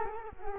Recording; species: mosquito wingbeat signal from an infrared sensor; Culex quinquefasciatus